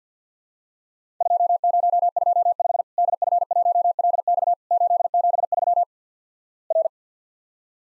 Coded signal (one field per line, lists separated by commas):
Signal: Morse code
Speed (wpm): 51 wpm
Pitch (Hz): 700 Hz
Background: none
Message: 2025 DF1LX 873 R